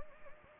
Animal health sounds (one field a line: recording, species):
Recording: mosquito wingbeat signal from an infrared sensor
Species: Anopheles gambiae